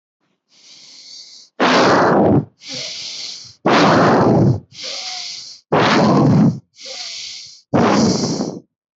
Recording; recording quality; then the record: shallow breathing; excellent, no background noise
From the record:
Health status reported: healthy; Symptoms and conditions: none ticked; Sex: male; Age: 35 years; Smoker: not ticked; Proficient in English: yes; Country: India